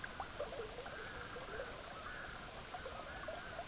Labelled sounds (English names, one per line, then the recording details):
Red-throated Loon
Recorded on Arctic tundra, site EABA-MC, on 18 June 2019
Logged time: 10:00